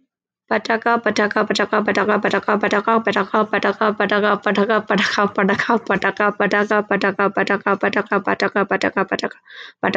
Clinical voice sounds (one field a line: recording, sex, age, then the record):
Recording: repeated syllables /pa ta ka/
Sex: female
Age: 30 to 39 years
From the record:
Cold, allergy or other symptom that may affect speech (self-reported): no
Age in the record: 30 years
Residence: Georgia, United States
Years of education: 18